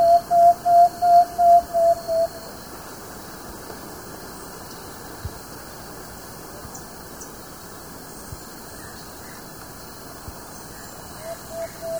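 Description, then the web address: Plain-backed antpitta call: a quick series of seven hollow whistled notes on one pitch over the first two and a half seconds, then background hiss, with faint notes again at the very end. Recorded in Ecuador. "Birds of Ecuador. Plain-backed Antpitta"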